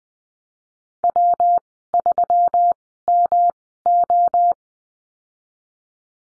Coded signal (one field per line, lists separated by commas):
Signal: Morse code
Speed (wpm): 20 wpm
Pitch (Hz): 700 Hz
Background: none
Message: W 3 M O